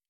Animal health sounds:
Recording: hydrophone in a shrimp aquaculture tank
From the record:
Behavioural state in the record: normal

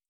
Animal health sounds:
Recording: hydrophone in a shrimp aquaculture tank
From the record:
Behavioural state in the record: feeding

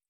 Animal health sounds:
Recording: hydrophone in a shrimp aquaculture tank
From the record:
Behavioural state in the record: stressed

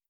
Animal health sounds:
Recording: hydrophone in a shrimp aquaculture tank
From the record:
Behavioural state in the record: starved

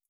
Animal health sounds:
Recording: hydrophone in a shrimp aquaculture tank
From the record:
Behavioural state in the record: feeding

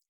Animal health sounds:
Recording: hydrophone in a shrimp aquaculture tank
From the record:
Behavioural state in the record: feeding

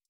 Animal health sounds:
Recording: hydrophone in a shrimp aquaculture tank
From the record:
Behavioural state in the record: stressed

